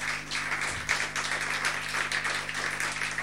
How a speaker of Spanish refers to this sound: Pero igual, un fuerte aplauso para nuestra expositora.